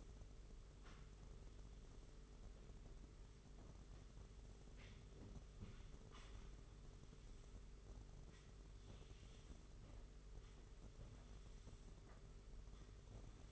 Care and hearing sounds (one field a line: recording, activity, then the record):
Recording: daily activity, microphone in the room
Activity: sweep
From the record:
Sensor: 4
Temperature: 27.1 degrees Celsius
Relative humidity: 38.3%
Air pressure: 992.2 hPa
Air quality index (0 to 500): 110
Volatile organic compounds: 18 ppm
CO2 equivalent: 2631 ppm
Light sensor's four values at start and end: 23/79/29/31 and 23/79/29/31